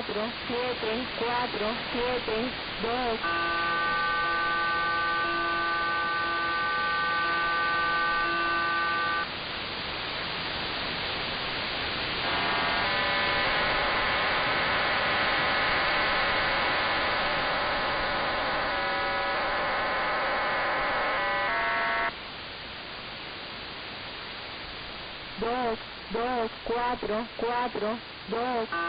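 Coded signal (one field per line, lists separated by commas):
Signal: numbers station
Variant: HM01, Spanish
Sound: spanish female voice reading digits, between long stretches of steady multi-tone data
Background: radio static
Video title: 28 12 2021 Cuban Spy Number HM01 in Spanish 1043 on 12180 Bejucal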